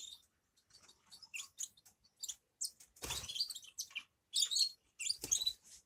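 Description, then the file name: Grass parakeet giving quick high chirps and twittering notes, with a few louder scratchy bursts. "travyanye popugaiciki"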